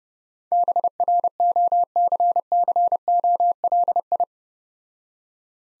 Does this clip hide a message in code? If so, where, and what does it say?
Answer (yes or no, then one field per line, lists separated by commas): yes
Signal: Morse code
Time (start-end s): 0.5-4.2 s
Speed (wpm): 31 wpm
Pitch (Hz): 700 Hz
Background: none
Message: BROCCOLI